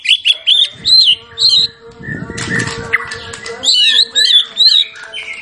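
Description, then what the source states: White-rumped shama giving short, bright whistled phrases in bursts, broken by a brief rustle of noise, then resuming with warbled high notes. Champion bird; masteran (training) recording.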